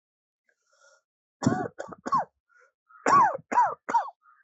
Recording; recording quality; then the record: shallow voluntary cough; excellent, no background noise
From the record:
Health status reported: healthy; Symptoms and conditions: none ticked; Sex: male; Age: 42 years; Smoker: not ticked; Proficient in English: yes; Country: India